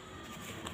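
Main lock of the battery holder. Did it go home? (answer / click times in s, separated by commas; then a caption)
no / none. The main lock of the battery holder is being handled, with a steady low background hum and a brief sharp transient near 0.7 s. Nothing has seated or clicked yet; the clip ends just before the lock snaps shut.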